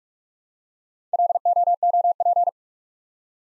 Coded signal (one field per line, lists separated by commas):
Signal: Morse code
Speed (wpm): 44 wpm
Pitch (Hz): 700 Hz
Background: none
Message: LOOP